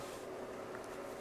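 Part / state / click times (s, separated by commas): cleaned filter/chamber part going back into a desoldering gun / not seated / none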